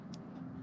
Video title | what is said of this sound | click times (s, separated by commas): Searching for Coyotes ALONE - Test and Unbox - Kospet Tank T3 Ultra GPS Smartwatch | now it's clicked into place so that's the bottom part of the watch band | 0.1 s